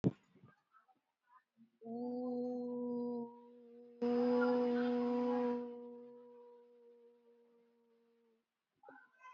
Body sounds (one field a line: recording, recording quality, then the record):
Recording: sustained vowel as in boot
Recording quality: moderate, slight background noise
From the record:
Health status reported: COVID-19 positive, moderate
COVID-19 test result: positive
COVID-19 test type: RT-PCR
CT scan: not taken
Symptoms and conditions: cough, cold, fever, loss of smell and taste, diabetes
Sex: female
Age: 54 years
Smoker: no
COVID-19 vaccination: one dose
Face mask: worn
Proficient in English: yes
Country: India